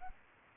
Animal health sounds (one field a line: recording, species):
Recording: mosquito wingbeat signal from an infrared sensor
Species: Anopheles gambiae